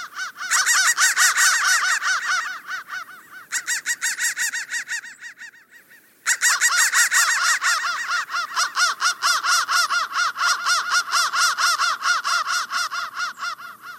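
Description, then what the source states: Crow calls cut into rapid, buzzy repeating pulses, broken by two short quieter gaps, then resuming as a steady mechanical stutter. Digitally processed crow sound.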